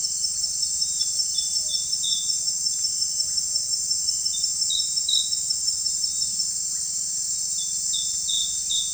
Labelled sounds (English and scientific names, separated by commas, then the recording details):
none
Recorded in secondary vegetation near Puerto Asís, Putumayo, Colombia, on 29 June 2025 at 18:00
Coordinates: 0.498, -76.327
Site GP09